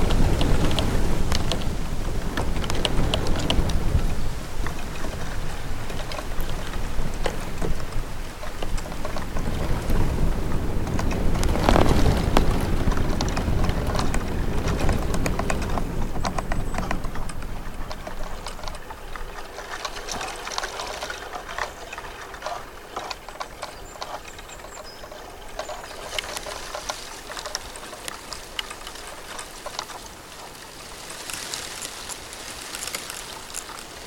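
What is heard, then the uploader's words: Bamboo rustles and creaks in gusting wind, loud and full for the first fifteen seconds, then thinning to a lighter, crackling patter. BAMBOO FOREST • Delicate Sounds of Bamboo Swaying to The Wind.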